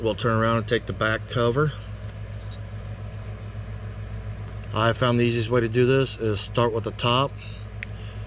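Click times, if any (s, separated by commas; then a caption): 7.8 s. Someone talks while the plastic back cover of a 3-button smart remote key fob for a 2020 Ram 1500 pickup is pressed back onto the fob housing after a battery change, starting at the top and working down. A low hum runs underneath the talk. A single sharp click at 7.8 seconds shows the back cover snapping into place.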